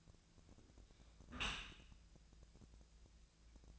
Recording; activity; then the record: daily activity, microphone in the room; close dishwasher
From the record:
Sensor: 2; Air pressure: 1000.3 hPa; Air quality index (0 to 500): 161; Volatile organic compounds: 3 ppm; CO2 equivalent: 1339 ppm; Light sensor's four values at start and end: 11/31/12/14 and 11/31/12/14